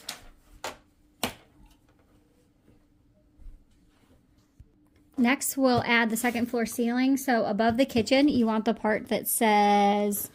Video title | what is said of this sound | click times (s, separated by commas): How to Assemble BARBIE DREAMHOUSE (unedited) | and then push until it clicks. | 1.2 s